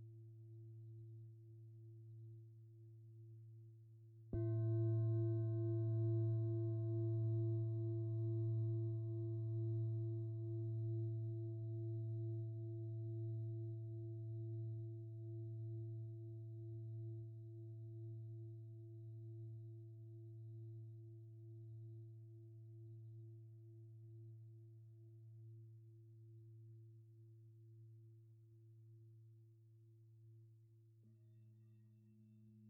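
Antique Tibetan singing bowls ring in a low, steady hum with a clear overtone above it. At about four seconds a bowl is struck, adding bright upper tones that fade over the following seconds while the deep drone slowly decays. Near the end another pitch briefly enters.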